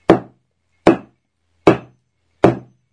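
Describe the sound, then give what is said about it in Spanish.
Four sharp, evenly spaced hammer blows on a nail in wood, each a solid knock with a quick decay, coming about once every 0.8 seconds with silence between and no voices. “Su papá estaba golpeando un clavo sobre la madera.”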